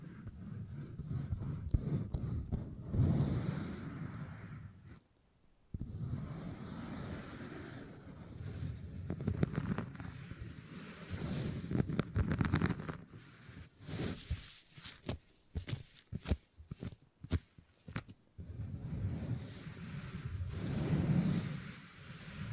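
Beeswax being handled makes a soft, dense rubbing and crumbling sound with low, muffled thuds. A brief silence falls near the five-second mark, and from about 12 to 18 seconds sharp crackling snaps come in quick, irregular bursts before steady kneading returns.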